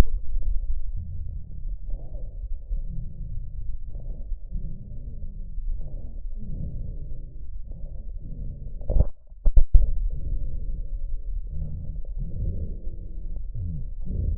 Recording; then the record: lung sounds by stethoscope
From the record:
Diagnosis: emphysema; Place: left posterior upper chest